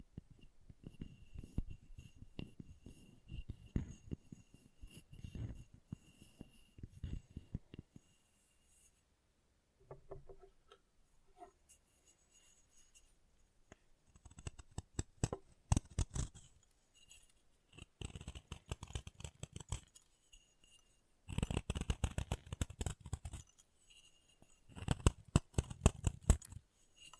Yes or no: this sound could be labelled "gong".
no